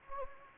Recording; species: mosquito wingbeat signal from an infrared sensor; Anopheles gambiae